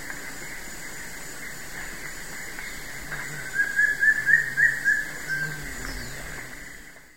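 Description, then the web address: Wing-barred piprites calls: a short run of about six clear, rhythmic notes, against a constant background drone. South America, eastern lowlands. "Natures Songs S America Eastern Lowlands Wing-barred Piprites"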